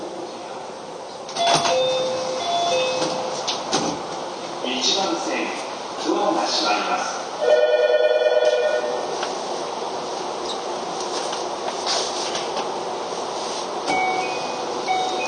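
A Keio 5000 series train hums and rumbles steadily, with murmured voices, a brief chiming tone around eight seconds, and scattered clicks.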